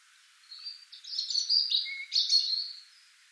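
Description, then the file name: European robin song: a brief phrase of thin, sweet warbled notes wavering high, then a quick fluttering flourish ending the run. "Erithacus rubecula"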